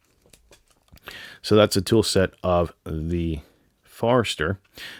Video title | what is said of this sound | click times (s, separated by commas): Victorinox Forester M. 083633 - Swiss Army Knife with a saw | and it also locks into place with the liner lock here. | 0.3 s